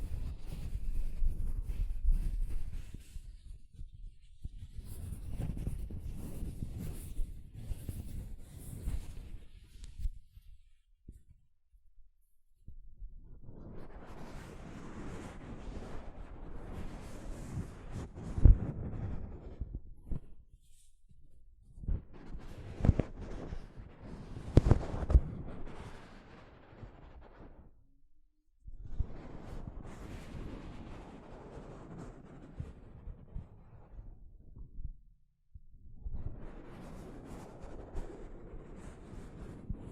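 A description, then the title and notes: Soft fabric brushes across a microphone in long, dense passes of rustling, scratchy noise with a deep, muffled rumble underneath. The strokes come in bursts of several seconds separated by short silences, with a couple of sharp ticks near the middle. ASMR Mic Brushing using Soft Fabric (No Talking).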